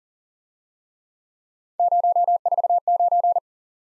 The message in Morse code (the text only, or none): 049